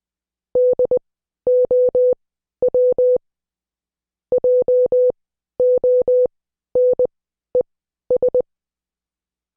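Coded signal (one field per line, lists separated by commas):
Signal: Morse code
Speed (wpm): 20 wpm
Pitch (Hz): 500 Hz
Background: none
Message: DOW JONES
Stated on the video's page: Morse code class lesson.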